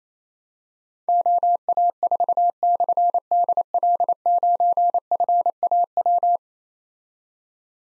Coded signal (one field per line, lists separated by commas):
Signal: Morse code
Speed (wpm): 28 wpm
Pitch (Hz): 700 Hz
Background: none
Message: OA4/DL9FAW